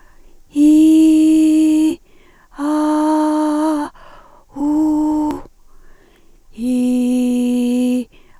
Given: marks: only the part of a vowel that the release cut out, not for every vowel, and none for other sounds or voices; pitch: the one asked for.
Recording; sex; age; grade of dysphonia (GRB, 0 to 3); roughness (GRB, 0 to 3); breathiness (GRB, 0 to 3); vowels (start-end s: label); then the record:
sustained vowels; female; 60 to 69 years; 2; 1; 2
0.73-1.78 s: vowel /i/, high pitch
2.75-3.68 s: vowel /a/, high pitch
4.68-5.26 s: vowel /u/, high pitch
6.78-7.87 s: vowel /i/, low pitch
From the record:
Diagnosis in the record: recurrent laryngeal nerve paralysis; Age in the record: 63 years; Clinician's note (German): Links, deutliche Verbesserung gegenüber Vorbefund